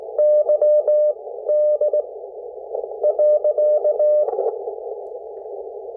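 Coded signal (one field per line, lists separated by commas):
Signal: Morse code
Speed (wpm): 18 wpm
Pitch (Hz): 600 Hz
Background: none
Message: YD .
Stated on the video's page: 40 m CW contact sent on an E.F. Johnson SPEED-X 114-520 bug, the first contact with it.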